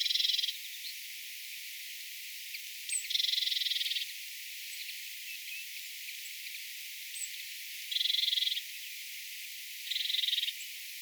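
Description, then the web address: Blue tit giving short buzzy churring bursts, four harsh scolding rattles spaced unevenly over about eleven seconds, with faint thin high notes between them. Recorded 25 September 2025; the caller is described as an apparent blue tit calling in that manner. "paivat 25 9 2025 tuolla tavoin aanteleva ilmeinen sinitiainen"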